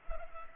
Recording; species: mosquito wingbeat signal from an infrared sensor; Culex pipiens